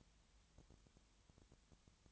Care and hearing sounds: daily activity, microphone in the room; no activity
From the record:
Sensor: 3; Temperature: 20.6 degrees Celsius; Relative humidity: 34.7%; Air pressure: 1007.2 hPa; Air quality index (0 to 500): 137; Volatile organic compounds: 3 ppm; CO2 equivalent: 1530 ppm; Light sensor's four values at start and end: 2/3/2/2 and 2/3/2/2

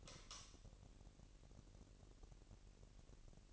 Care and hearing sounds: daily activity, microphone in the room; light on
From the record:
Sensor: 4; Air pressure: 1002.8 hPa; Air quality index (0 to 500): 248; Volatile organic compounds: 12 ppm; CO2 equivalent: 2361 ppm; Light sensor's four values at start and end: 6/14/6/6 and 7/16/6/7

